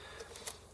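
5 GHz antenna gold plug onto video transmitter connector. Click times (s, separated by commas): 0.4 s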